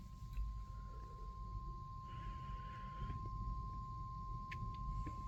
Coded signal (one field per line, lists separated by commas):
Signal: Emergency Alert System (SAME) tones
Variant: 1050 Hz attention tone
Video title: ONE OF MY WORST COMPILATIONS OF ALL TIME - EAS Alerts from 04/04/2023-04/05/2023 (EAS #856-885)